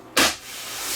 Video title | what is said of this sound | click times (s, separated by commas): DREO Tower Fan First Look and Teardown | just goes on like that snaps into place | 0.2 s